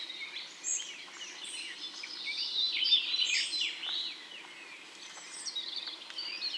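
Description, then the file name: European robin song: strong, high warbled phrases with descending slurred notes in the middle, then softer thin notes against steady background hiss. "Erithacus rubecula"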